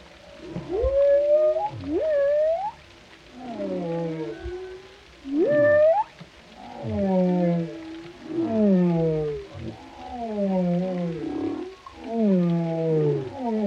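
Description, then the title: Whale song of quick rising upsweeps followed by a long run of repeated descending harmonic moans, phrases tumbling one after another. Compilation of whale vocalizations including moans, calls and melodies, presented for relaxation. "Soothing Symphony of the Deep: Captivating Whale Sounds for Relaxation"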